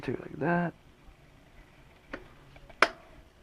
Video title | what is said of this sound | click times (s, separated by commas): Installing RockBros 4.10 Flat Aluminum Bike Pedals May 6 2017 | right you hear click that's 25 | 2.8 s